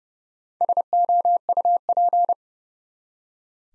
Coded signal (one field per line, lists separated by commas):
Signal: Morse code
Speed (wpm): 29 wpm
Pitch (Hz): 700 Hz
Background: none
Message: SOUP